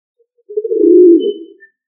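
Pigeon cooing: a single low, throaty coo lasting about one second, swelling then fading, in otherwise silent surroundings.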